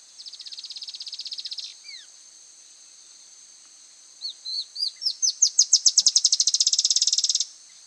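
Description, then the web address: Chestnut-shouldered antwren song, two high songs: the first ends a rapid trill with slurred notes, the second builds from separate notes into a fast accelerating trill, with a steady high background hiss. Peru. "Birds of the Amazon 2. Chestnut-shouldered Antwren (Terenura humeralis), Peru"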